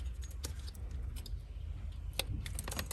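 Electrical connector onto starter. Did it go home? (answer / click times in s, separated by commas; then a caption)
yes / 2.2 s. A plastic electrical connector is pushed onto the starter terminal of a 2003–2007 4-cylinder Honda Accord during a starter replacement. Against a low background rumble, a few short ticks and rattles sound, and the connector latches with a sharp click at 2.2 s, seating firmly.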